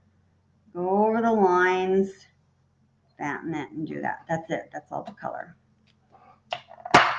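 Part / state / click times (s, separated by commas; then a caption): cap onto a marker pen / seated / 6.5 s. Someone talks, then a plastic cap is closed onto a marker pen after colouring, and it clicks shut at 6.5 seconds. The click shows the cap is seated, which is meant to keep the marker from drying out.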